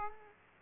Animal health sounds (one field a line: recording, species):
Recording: mosquito wingbeat signal from an infrared sensor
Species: Aedes aegypti